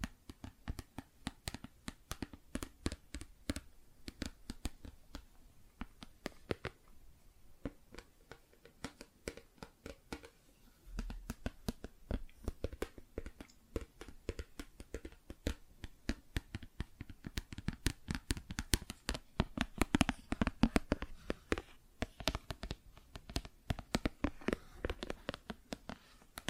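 Plastic objects are tapped and scratched in quick, irregular clicks that run without pause for the whole stretch. The sharp, bright ticks come in dense clusters and sparser patches, with a soft scraping layer beneath that grows busier after about eleven seconds.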